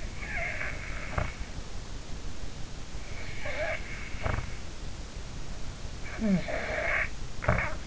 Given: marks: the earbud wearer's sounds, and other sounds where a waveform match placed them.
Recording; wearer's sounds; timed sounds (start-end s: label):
sounds in sleep by an in-ear microphone; snoring breath
0.29-1.39 s: snoring breath
3.38-4.61 s: snoring breath
6.01-7.86 s: snoring breath